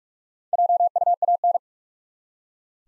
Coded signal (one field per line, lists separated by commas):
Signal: Morse code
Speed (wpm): 44 wpm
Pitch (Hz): 700 Hz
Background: none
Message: JUAN